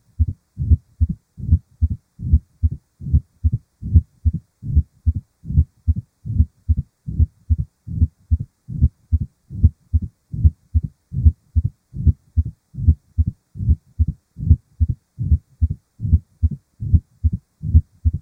Heart Murmurs: Mitral Stenosis. Mitral stenosis: a clicking sound as the valve opens followed by a decrescendo-crescendo diastolic murmur.